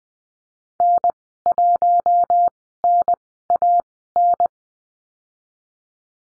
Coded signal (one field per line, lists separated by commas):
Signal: Morse code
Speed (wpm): 20 wpm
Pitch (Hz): 700 Hz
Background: none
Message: N1NAN